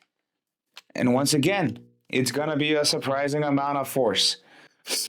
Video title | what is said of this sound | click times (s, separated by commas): Raw Footage from Strongest Consumer PC Build Video | you push it down till it snaps into place | 0.8 s